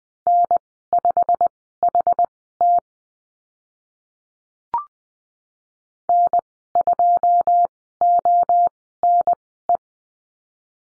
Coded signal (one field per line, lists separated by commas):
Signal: Morse code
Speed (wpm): 20 wpm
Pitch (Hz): 700 Hz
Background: none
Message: N5HT N2ONE